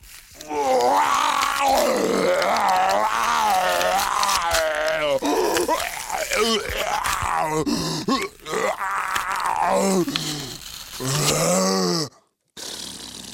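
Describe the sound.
A human voice imitates the dying groans of a wolf whose belly has been cut open with a knife: long, wavering, pitch-sliding moans and strained growls, loud and continuous for about twelve seconds before stopping abruptly.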